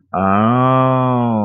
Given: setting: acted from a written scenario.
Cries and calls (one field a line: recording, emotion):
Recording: vocal sound without words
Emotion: realization